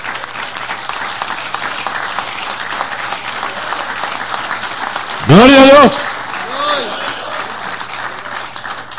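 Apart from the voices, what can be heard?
audience applauding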